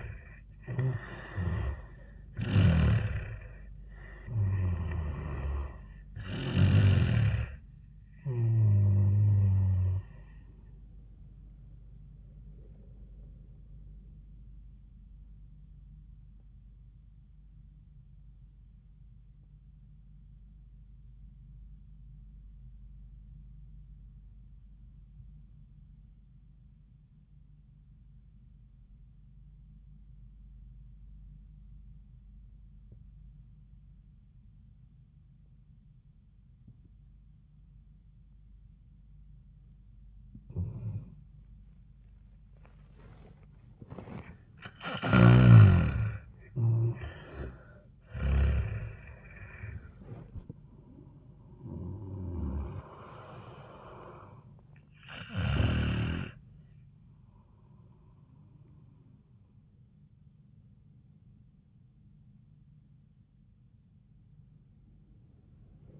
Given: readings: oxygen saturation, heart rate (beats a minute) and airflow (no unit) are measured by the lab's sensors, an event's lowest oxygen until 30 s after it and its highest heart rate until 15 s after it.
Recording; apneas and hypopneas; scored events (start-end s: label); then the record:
breathing in sleep by a smartphone at the bedside; 1
8.00-66.00 s: new sleep stage, N1 (lightest sleep)
16.00-45.10 s: obstructive apnea (N1, oxygen 98% highest, then 83% lowest, heart rate 77 at the start, 84 highest)
From the record:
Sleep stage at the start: N2 (light sleep); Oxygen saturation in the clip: 83 to 98%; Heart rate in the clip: 71 to 87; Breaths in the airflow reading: 7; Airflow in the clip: -20.8 to 13.4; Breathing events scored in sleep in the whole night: 400 in 8.7 hours asleep